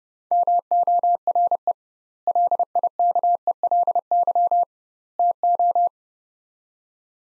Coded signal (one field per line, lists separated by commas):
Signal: Morse code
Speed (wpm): 30 wpm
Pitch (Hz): 700 Hz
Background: none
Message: MORE LIKELY TO